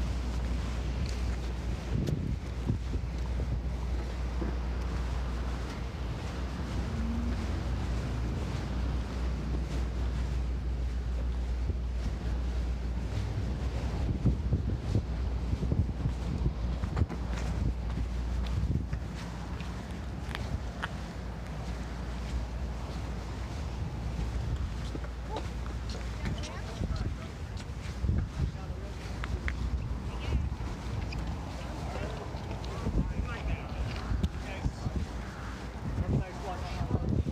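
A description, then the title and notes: Walking along a beach boardwalk, steady wind rumbles against the microphone over a constant low hum, with scattered voices and clatter passing throughout. Walking on the boardwalk on Rockaway beach. You can hear my jacket.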